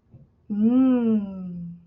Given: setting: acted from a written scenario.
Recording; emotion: vocal sound without words; desire